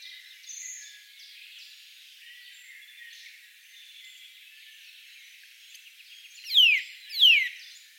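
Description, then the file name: Eurasian nuthatch calls: a pair of loud, steeply descending notes under a second apart near the end, after faint high background sounds. "Sitta europaea"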